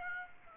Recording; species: mosquito wingbeat signal from an infrared sensor; Aedes aegypti